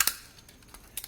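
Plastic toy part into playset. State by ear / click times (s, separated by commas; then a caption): seated / 0.0 s. A plastic toy part from the Quintesson Pit of Judgement playset (Transformers War For Cybertron, Hasbro Pulsecon Exclusive 2020) is pressed into its socket and snaps in. A loud, sharp click at 0.0 s is followed by fainter ticks and a second bright click pair near 1.0 s.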